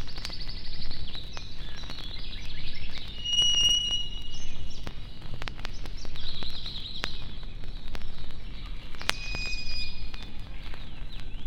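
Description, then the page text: Songbirds singing high thin whistles and short trills, with a steady whistled note and scattered chirps, over a constant low rumbling traffic-like noise and occasional clicks. Forest songbirds recorded in woodland close to a highway. "Лесные певчие птицы - Nature, близко трасса"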